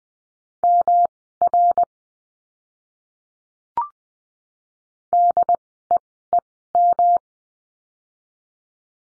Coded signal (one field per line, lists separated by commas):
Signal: Morse code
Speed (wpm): 20 wpm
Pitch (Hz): 700 Hz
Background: none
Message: MR DEEM